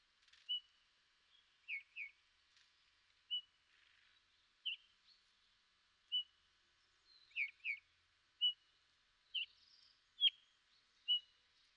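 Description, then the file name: Eurasian bullfinch calls: soft, short piping notes given singly or in pairs, roughly one each second, over quiet background hiss. "Pyrrhula pyrrhula"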